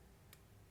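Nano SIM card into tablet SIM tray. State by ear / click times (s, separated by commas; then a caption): seated / 0.3 s. On a second try, a nano SIM card is pressed into the plastic/metal SIM tray of a Samsung Galaxy Tab S10 / S10 Ultra tablet. It gives one short, sharp snap at 0.3 s over a low background hum. The card seats and sits completely flush in the tray.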